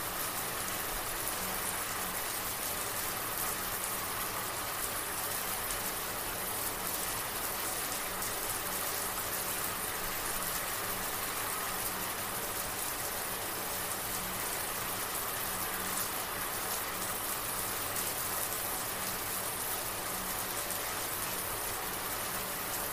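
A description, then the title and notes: A shower runs steadily, water falling in a dense, even hiss that stays the same from start to finish. The spray sounds bright, with a faint low hum underneath and fine flickers of droplets but no distinct events. Serene shower white noise. The soothing sound of a gentle shower. As the water cascades down, creating a rhythmic symphony of droplets.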